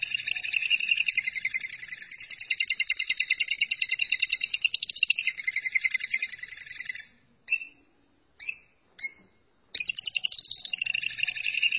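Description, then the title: Lovebird song, a sustained rapid buzzy chatter for seven seconds, then a few separate shrill squeaks, then the chatter resumes. "BM Suara Burung Lovebird"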